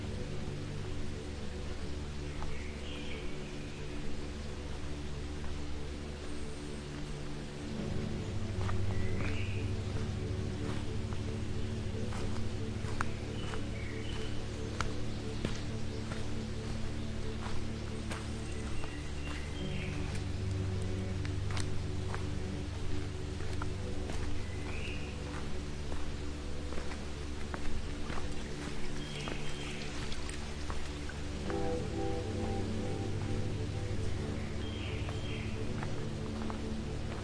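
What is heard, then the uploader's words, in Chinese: Along a pine trail in the mountains, a steady low rush of wind and water fills the whole stretch, with a constant deep hum underneath. Short bird chirps break through every few seconds, and scattered light ticks and taps sound throughout. 山中的松树步道，鸟风谷水声。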